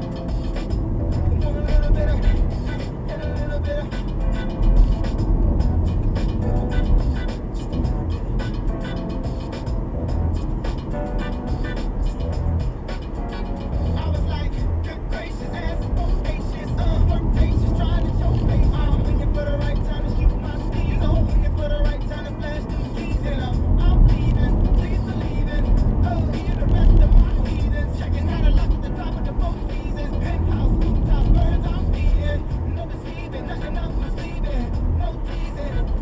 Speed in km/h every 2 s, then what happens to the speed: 60, 61, 61, 63, 63, 66, 68, 68, 64, 63, 60, 60, 66, 63, 63, 61, 63, 61.
0-12 speeds up to 68. 12-20 slows to 60. 20-36 steady at about 61.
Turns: none.